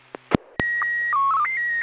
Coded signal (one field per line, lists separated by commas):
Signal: SSTV (slow-scan television)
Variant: PD 120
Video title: N6NA SSTV Net - 09/07/2022